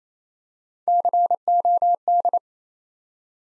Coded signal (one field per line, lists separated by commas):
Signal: Morse code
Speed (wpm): 27 wpm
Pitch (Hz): 700 Hz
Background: none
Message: COD